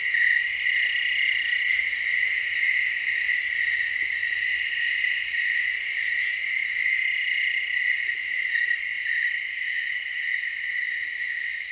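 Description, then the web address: Cicadas in a steady, dense buzzing drone with layered high tones and a fine rapid pulse throughout, no other sounds. "Tom's Jerry Apps Winter. cicadas"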